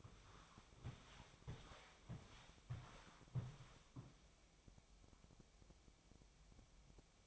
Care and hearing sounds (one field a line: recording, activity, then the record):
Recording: daily activity, microphone in the room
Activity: walk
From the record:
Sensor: 1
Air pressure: 1000.6 hPa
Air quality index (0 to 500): 171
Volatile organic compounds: 4 ppm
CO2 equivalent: 1587 ppm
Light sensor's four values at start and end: 14/33/14/16 and 15/36/15/17